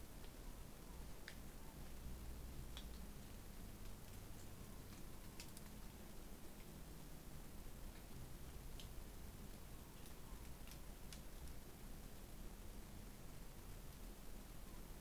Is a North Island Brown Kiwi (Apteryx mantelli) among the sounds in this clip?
no